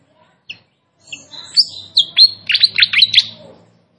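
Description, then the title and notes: Hill blue flycatcher song, one phrase that opens with soft, thin notes and builds into a quick run of bright, tumbling, high-pitched twitters. Clear-voiced song mixed with trickling water sounds, used for training songbirds. "Masteran Sikatan Kipas Suara Jernih Dan Suara Gemericik Air. Suara Burung Sikatan Londo"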